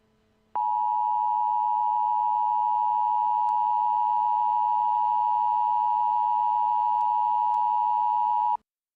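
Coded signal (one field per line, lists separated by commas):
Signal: Emergency Alert System (SAME) tones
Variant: 853 and 960 Hz attention tone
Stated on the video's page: Simulated EBS broadcast recreation of a historical shooting, reportedly containing only attention signals.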